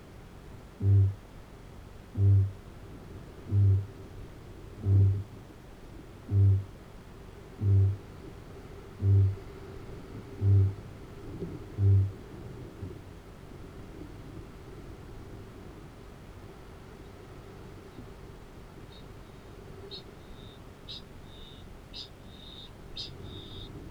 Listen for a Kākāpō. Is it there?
yes